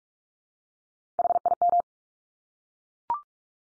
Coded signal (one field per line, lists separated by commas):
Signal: Morse code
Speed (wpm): 44 wpm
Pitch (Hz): 700 Hz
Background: none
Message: HIM